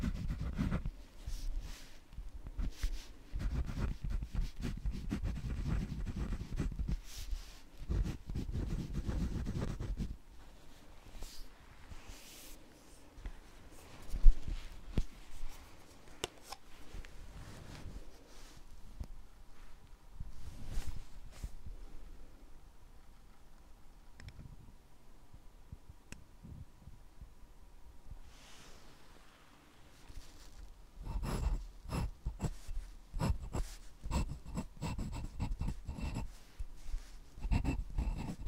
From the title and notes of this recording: Pure Writing Sounds ASMR Satisfying • Glass • Fountain • Ballpoint • Gel.